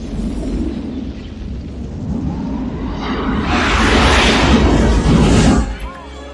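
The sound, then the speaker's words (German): A mothership explosion: a low, steady rumble builds into a loud, roaring blast with hissing, crackling debris that holds for a couple of seconds, then drops away abruptly. “Das Mutterschiff explodiert.”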